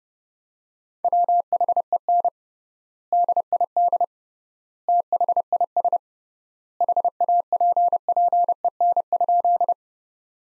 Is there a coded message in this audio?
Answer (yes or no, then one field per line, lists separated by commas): yes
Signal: Morse code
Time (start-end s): 1.0-9.7 s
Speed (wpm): 30 wpm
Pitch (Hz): 700 Hz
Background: none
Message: WHEN DID THIS HAPPEN?